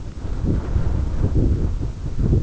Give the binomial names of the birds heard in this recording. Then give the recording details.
none. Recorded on Arctic tundra, site EABA-1, on 22 June 2018. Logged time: 14:00